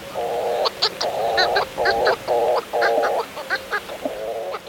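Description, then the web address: Hawaiian petrel calls: a series of repeated nasal, honking notes with short gaps between them. A pair calling at sunset from the mouth of their nest burrow, high in the rim of Haleakala volcano, Maui; crow-sized seabirds with long, slender wings. "Birdnote. Hawaiian Petrels Atop Haleakala"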